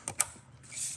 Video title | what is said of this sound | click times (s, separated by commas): Easy Fuel Filter Change / Ford F450 Cab Chassis 6.7L | it on till it clicks | 0.1 s, 0.2 s